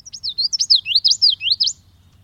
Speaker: the wren's next-door neighbor, the common yellowthroat, sings a choppy, repetitive song designed to rattle right through a stand of cattails.